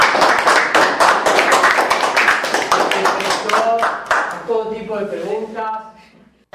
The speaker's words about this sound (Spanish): Un aplauso para la entrevista, por favor.